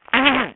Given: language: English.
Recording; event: throat vibration sensor signal played as sound; throat clearing